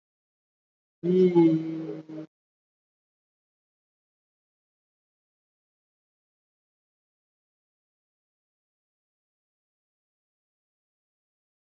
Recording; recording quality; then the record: sustained vowel as in beet; excellent, no background noise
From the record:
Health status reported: COVID-19 positive, moderate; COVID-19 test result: positive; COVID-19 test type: RT-PCR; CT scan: not taken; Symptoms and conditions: cough, cold, fever, fatigue, muscle pain, loss of smell and taste, diarrhoea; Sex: male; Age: 25 years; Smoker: no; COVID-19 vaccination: both doses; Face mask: worn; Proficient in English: yes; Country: India